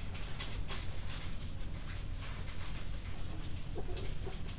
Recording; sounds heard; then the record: poultry house recording; healthy chickens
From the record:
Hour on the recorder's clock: 21